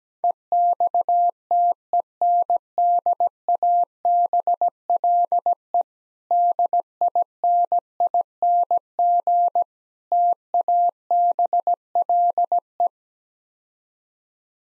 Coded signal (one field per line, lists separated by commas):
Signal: Morse code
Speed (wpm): 17 wpm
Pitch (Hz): 700 Hz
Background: none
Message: EXTENDABLE DINING TABLE